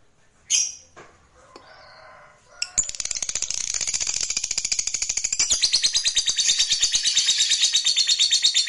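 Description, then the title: Lovebird starting with a few scattered squeaks, then launching into a fast, high rattling chatter that grows steadily louder. "Suara Lovebird"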